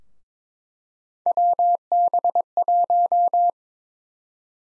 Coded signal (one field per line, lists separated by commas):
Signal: Morse code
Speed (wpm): 22 wpm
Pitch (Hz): 700 Hz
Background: none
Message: WB1